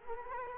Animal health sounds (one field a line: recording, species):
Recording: mosquito wingbeat signal from an infrared sensor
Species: Culex quinquefasciatus